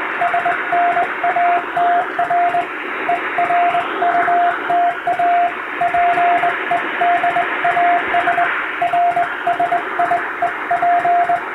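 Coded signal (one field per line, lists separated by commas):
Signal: Morse code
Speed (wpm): 21 wpm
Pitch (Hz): 700 Hz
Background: radio noise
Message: SNATR ERUTA PEDAS RSIEP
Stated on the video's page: Hand-keyed Morse practice sent on a straight key by a first-class radiotelegraph operator, using telegram practice texts.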